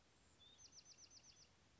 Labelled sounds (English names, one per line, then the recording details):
Bewick's Wren
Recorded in Sonoma County, California